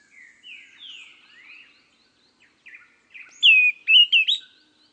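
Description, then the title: Greenish schiffornis singing a brief phrase of clear slurred whistles, rising and falling in quick succession, after softer, fainter whistled notes. "LuckyPassaro Completos2Sama. Greenish Schiffornis (Schiffornis virescens)"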